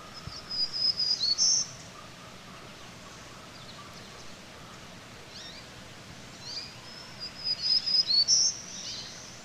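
Black-throated green warbler repeating its high, buzzy song twice, several seconds apart, over steady background hiss.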